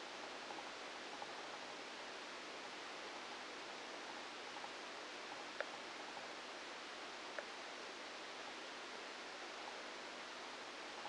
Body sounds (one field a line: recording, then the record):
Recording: brain microelectrode recording played as sound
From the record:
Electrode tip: outside the subthalamic nucleus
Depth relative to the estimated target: 3 mm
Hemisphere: left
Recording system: NeuroSet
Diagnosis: Parkinson's disease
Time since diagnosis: 9 years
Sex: female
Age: 51 years